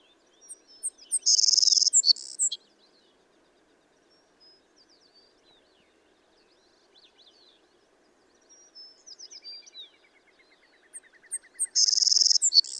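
Savannah sparrow gives two buzzy songs about ten seconds apart, each high ticks then a sizzling trill; faint twitters and a soft trill fill the gap.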